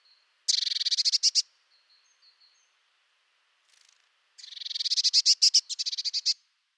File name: Mesange bleue